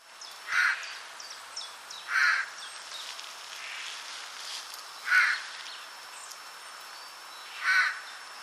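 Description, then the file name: Eurasian jay uttering four harsh, grating screeches at uneven intervals, with soft bird chirps and a quiet outdoor hiss between the calls. "Garrulus glandarius"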